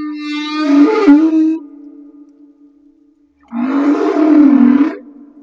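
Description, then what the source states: Humpback whale song with two long, rough, wavering cries, the second broader and noisier than the first. Recorded off Madagascar.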